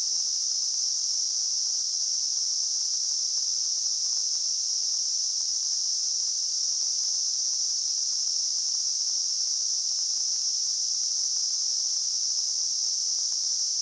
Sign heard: Tinnitus.